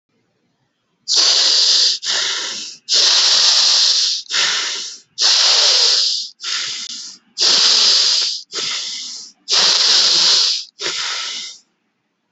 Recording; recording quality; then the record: deep breathing; excellent, no background noise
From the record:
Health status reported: healthy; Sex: male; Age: 39 years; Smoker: yes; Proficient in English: yes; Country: India